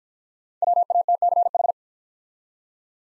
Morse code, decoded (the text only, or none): WATCH